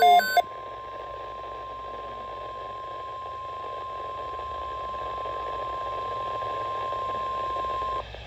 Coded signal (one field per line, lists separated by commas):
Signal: Emergency Alert System (SAME) tones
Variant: 1050 Hz attention tone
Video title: EAS #290 - Flood Watch for Delaware, NJ, and Eastern Pennsylvania (+ Missed SMW Scroll)